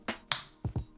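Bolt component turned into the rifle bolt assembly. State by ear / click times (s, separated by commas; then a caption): seated / 0.3 s. A steel part inside a rifle's bolt assembly is turned 90 degrees by a hand in mittens while the bolt group is reassembled. A faint rustle comes first, then a sharp, bright metallic click at 0.3 s as the part seats. Two softer, duller knocks follow near the end.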